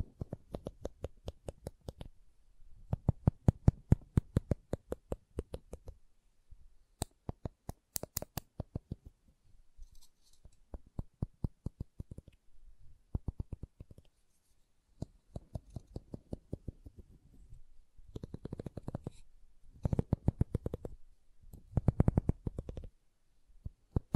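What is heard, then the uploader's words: Wooden tapping and clicking comes in quick bursts of sharp knocks separated by short silences. Some runs are rapid and regular, others sparse, and around the middle and near the end heavier, fuller taps mix with softer scraping. ASMR Calming Wood Triggers for Sleep (No Talking).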